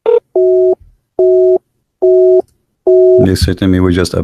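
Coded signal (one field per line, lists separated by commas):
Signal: none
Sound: a call app's ringing tones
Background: speech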